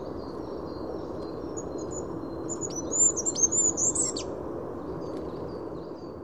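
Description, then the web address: Goldcrest song: very high, thin notes building into a brief twittering flourish, over a steady low rumbling background noise. "birdify Regulus regulus"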